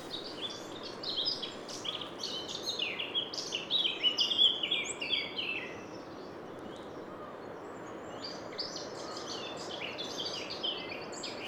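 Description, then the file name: Eurasian wren song: a fast jumble of high chips and trills in a burst of about five seconds, then quieter similar notes over steady background hiss. "Troglodytes troglodytes"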